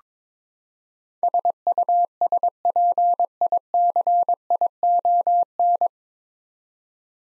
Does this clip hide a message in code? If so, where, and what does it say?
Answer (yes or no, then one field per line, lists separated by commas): yes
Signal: Morse code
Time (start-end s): 1.2-5.9 s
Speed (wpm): 22 wpm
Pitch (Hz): 700 Hz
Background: none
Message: SUSPICION